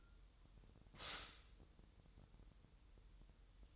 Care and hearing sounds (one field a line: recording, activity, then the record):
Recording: daily activity, microphone in the room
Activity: stop toaster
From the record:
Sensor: 3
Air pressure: 988.6 hPa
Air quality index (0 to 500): 196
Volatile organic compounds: 319 ppm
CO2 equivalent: 4523 ppm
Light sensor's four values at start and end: 23/72/30/26 and 23/72/30/26